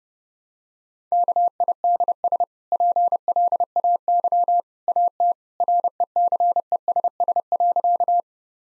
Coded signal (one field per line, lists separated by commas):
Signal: Morse code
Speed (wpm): 32 wpm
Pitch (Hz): 700 Hz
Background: none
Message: KIDS PLAY AT RECESS.